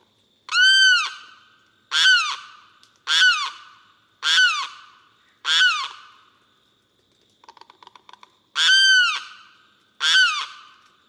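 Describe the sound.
Limpkin repeating piercing, drawn-out wailing cries roughly once a second, with a brief dry clicking rattle between the wails.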